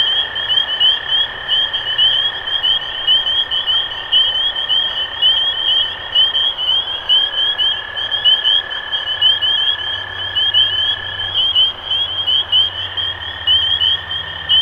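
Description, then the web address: Spring peepers in full chorus, many high, piping upslurred peeps overlapping continuously, with a steady lower droning tone running beneath for most. Recorded 23 March 2012. "rob animals Peepers-2012-0323"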